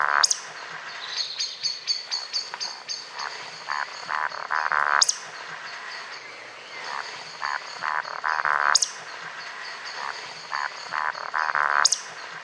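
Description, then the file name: Eurasian woodcock calls: a few low croaking grunts followed by a sharp, high squeak, the sequence repeating several times. "Morkulla"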